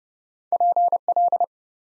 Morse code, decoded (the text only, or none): PL